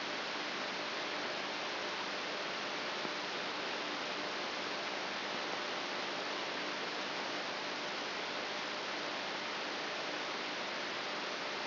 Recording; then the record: brain microelectrode recording played as sound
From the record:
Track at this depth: inside the subthalamic nucleus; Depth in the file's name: 5.816 mm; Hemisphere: left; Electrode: 3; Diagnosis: Parkinson's disease